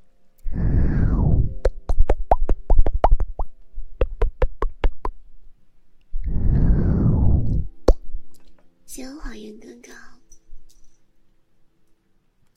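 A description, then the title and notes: Two soft breathy blows into the ear, each followed by a burst of sharp wet kissing smacks, then a faint murmur near the end. ASMR Blowing in the ear, kissing in the ear.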